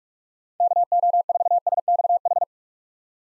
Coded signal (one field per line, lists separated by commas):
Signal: Morse code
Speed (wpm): 42 wpm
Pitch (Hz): 700 Hz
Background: none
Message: KO4SXH